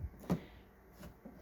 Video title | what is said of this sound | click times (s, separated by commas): Easy Fresh Custom Look: Roof Trim Molding Removal & Installation (04 Saturn Vue Project) | тянул здесь и немного тянул здесь прямо наружу, и вы слышите щелчок липучки, а | 0.3 s